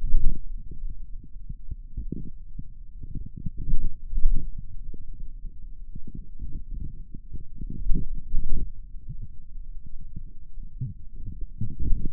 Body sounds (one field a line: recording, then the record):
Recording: forearm muscle sounds (acoustic myography)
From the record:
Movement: radial deviation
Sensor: system 2, bracelet of six BSWA MPA416 microphones around the upper forearm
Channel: 6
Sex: male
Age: 22 years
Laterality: right